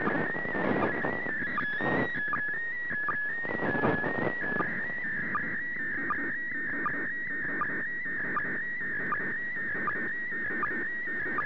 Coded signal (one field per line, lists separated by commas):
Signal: SSTV (slow-scan television)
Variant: PD 180